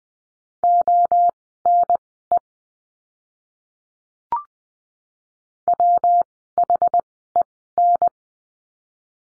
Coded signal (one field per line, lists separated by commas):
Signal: Morse code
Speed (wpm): 20 wpm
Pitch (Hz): 700 Hz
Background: none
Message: ONE WHEN